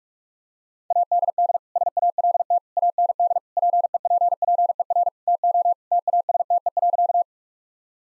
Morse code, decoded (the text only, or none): ADD SALT AND PEPPER TO TASTE.